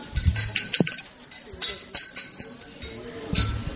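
Glasses clink together in a toast to a podcaster and his new novel, a flurry of bright, ringing taps scattered unevenly over a few seconds, with brief murmuring voices underneath.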